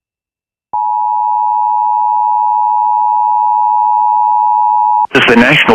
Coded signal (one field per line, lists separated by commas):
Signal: Emergency Alert System (SAME) tones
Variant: 853 and 960 Hz attention tone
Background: speech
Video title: EAS 140-142 - TESTS EVERYWHERE….